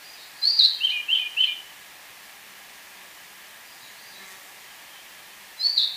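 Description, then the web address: Orange-bellied euphonia gives a buzzy note and a quick lower stutter, then a long pause before another buzzy phrase begins. Ecuador. "Natures Songs S America Birds of Ecuador Orange-bellied Euphonia"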